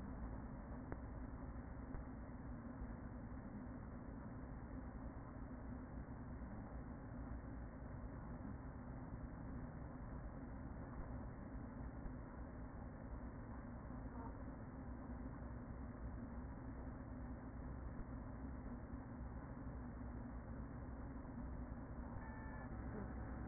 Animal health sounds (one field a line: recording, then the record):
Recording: honeybee colony, microphone inside the hive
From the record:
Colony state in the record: queen present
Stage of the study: after two queens were removed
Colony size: about 40,000 bees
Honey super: no